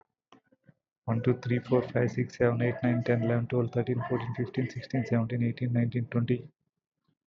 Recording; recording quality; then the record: counting at a fast pace; excellent, no background noise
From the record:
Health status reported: healthy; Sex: male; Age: 38 years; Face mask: not worn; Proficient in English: yes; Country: India